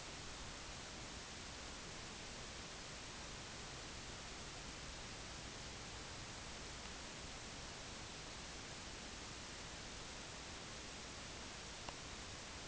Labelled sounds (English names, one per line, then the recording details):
none
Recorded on Arctic tundra, site IGLO-D, on 16 June 2018
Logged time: 12:00